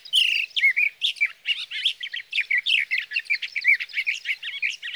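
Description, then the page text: Sage thrasher delivering a brisk, continuous warble of short varied notes with no pauses. Male singing through the night from his night roost, June 12–15, 2018, Sierra Valley, California; recorded with a Swift recorder. "Birdsong for the Curious Naturalist: Explore #7. 61. Sage thrasher songs, through the night. from the evening of June 12 to the morning of June 15, 2018, in Sierra Valley, California"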